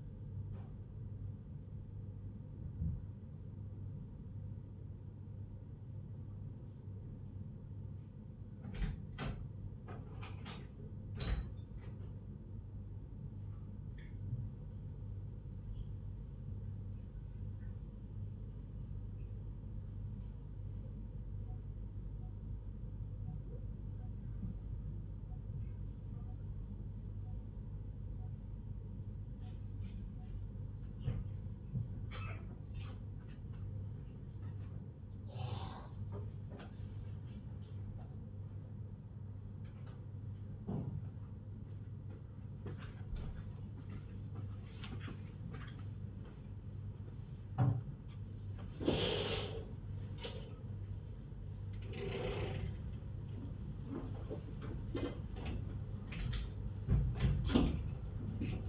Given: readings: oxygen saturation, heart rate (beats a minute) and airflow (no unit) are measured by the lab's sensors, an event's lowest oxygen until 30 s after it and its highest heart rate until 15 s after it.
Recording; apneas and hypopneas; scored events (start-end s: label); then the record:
a person awake in a sleep study, by a smartphone at the bedside; none
none scored
From the record:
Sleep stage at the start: awake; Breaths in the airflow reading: 21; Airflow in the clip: -0.7 to 0.7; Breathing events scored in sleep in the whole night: 158 in 7.3 hours asleep